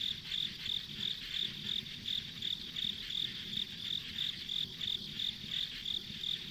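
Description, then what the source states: Insect sound of quick, high-pitched repeated chirps at an even tempo, roughly three per second, over soft low-frequency noise. Insects as ambient sound on a country road in the countryside.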